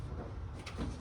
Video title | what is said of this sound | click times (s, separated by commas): 1988 Suburban Tailgate Window Regulator and components Guide Part 3. of Installation (Square Body) | Get that snapped into place. | 0.7 s